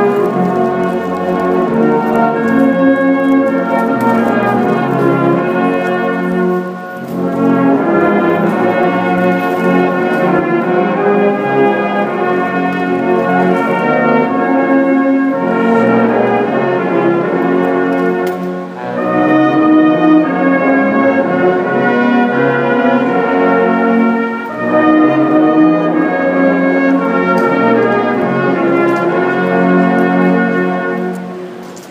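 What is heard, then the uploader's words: A brass band plays a warm, sustained Christmassy tune at Manchester Victoria Railway Station. Full, rich chords hold steady at an even volume, with short breaks between phrases around 7, 18 and 24 seconds, and the music fades slightly at the end. Brass band. Very Christmassy. at Manchester Victoria Railway Station (MCV).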